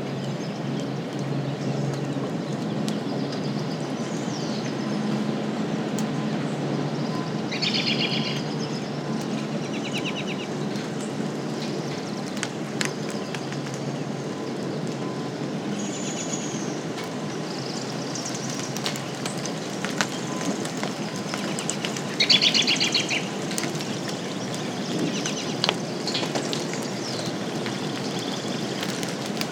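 A steady low rumble of rolling thunder runs throughout, with sparse rain ticks and short bursts of songbird chirps around eight, sixteen and twenty-two seconds.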